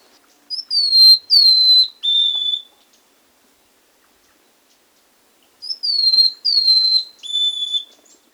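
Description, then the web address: Buff-breasted mountain tanager song: a phrase of a short high note, two thin downslurred whistles and a lower level whistle, repeated after a pause of about three seconds. Recorded in Ecuador. "Birds of Ecuador. Buff-Breasted Mountain-Tanager"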